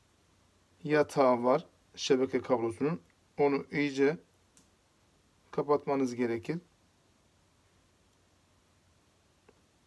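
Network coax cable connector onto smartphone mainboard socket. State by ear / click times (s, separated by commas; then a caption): not seated / none. During a screen replacement on a Vestel Venus V3 5020 smartphone, the small network (antenna) coax cable connector is being handled and pressed toward its socket under the mainboard while someone talks. Only two faint, brief ticks near 4.6 s and 9.5 s break the quiet between speech. The connector has not seated or clicked yet.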